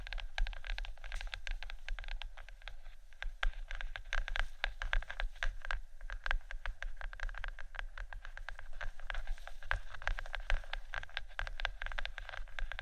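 Gentle scratching and tapping on faux leather, a dense run of quick, crisp scrapes and soft taps with no pauses across the whole stretch. The strokes come fast and irregular, bright and papery, over a steady low hum underneath.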